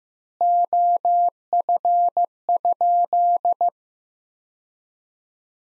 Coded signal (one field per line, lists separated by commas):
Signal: Morse code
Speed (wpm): 15 wpm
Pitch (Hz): 700 Hz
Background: none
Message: OF?